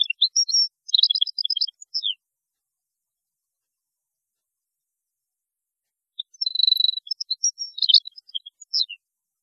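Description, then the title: European goldfinch song in two twittering bursts separated by several seconds of silence, quick mixes of high tinkling notes and trills, the second with a short buzz. "Chant Chardonneret"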